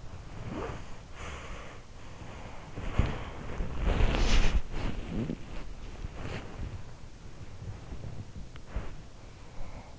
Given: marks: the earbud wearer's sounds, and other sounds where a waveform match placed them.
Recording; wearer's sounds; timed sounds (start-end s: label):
sounds in sleep by an in-ear microphone; body movement
0.00-6.85 s: body movement
2.08-7.10 s: sound from someone else or the room
7.23-8.94 s: sound from someone else or the room
9.54-9.99 s: sound from someone else or the room